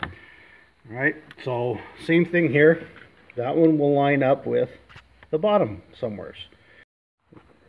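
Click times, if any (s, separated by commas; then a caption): none. A shift fork pin is handled against the groove of a steel shift drum while a YZ125 two-stroke motorcycle transmission is being assembled, with a finger placed behind the fork to add tension as the drum is turned. Someone talks throughout, with a sharp tap at 0.0 s and a faint knock near 7.4 s. Nothing has seated or clicked into the drum groove yet.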